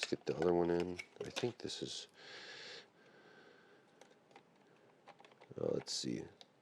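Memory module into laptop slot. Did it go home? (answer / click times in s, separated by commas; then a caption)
no / none. Someone talks while handling a second memory module at a Framework 13 Pro laptop's slot, with a faint hiss and a few light ticks around 4.0 to 5.4 seconds. The module has not seated or clicked into place yet.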